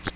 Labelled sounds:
Magnolia Warbler (Setophaga magnolia) flight call

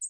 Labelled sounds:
American Redstart (Setophaga ruticilla) flight call

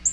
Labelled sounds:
Black-throated Green Warbler (Setophaga virens) flight call

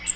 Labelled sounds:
Cape May Warbler (Setophaga tigrina) flight call

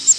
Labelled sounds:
Cape May Warbler (Setophaga tigrina) flight call

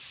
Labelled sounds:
Blackpoll Warbler (Setophaga striata) flight call

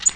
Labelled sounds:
Tennessee Warbler (Leiothlypis peregrina) flight call

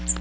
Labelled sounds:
Magnolia Warbler (Setophaga magnolia) flight call

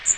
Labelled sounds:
Magnolia Warbler (Setophaga magnolia) flight call

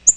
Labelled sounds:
Yellow-rumped Warbler (Setophaga coronata) flight call

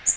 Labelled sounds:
Magnolia Warbler (Setophaga magnolia) flight call

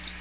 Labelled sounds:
Magnolia Warbler (Setophaga magnolia) flight call

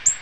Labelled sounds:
Black-throated Green Warbler (Setophaga virens) flight call

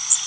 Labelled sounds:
Blackburnian Warbler (Setophaga fusca) flight call

